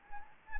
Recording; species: mosquito wingbeat signal from an infrared sensor; Anopheles gambiae